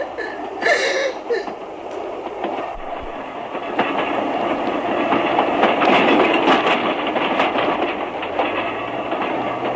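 A night train in the radio play Gece Treni rolls steadily along the rails as it reaches the border, a continuous loud rumble with rhythmic clacking and metallic screeches, swelling slightly in intensity toward the middle and holding steady to the end.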